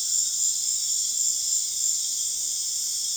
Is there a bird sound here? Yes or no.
no